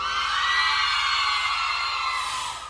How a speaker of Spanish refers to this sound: Que se escuche el grito de las mujeres, viejo.